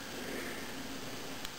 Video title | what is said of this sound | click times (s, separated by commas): RK Curved PC saber.wmv | now I'm going to use my finger and I'm going to gently wiggle and press it until I hear click into place | 1.5 s